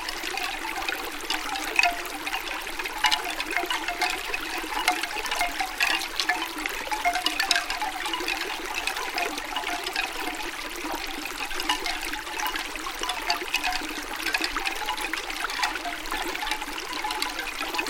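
A running creek pours and splashes steadily for the whole stretch, a dense, bright rush of water with little low rumble underneath. Small bubbling bursts flicker constantly through it, and the level stays even from start to finish.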